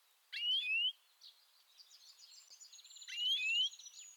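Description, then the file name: European greenfinch singing: two paired, rising whistled slurs at the start and end, with a soft buzzy twittering trill between them. "Chloris chloris"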